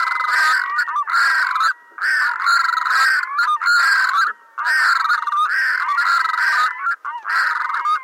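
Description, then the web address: Red-throated loon calling in loud, harsh, goose-like bursts, most lasting one to two seconds, separated by short gaps. "SMAALOM. red throated diver"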